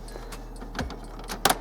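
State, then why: Seated. A replacement colour ink cartridge, which goes in at an angle and sits lower than the black one, is lifted up in the cartridge holder of a Canon Pixma TS3150/TS3151 inkjet printer. After quieter handling taps around 0.8 and 0.9 s, it clicks firmly home at 1.5 s with a sharp double snap. The cartridge is seated level with the black cartridge.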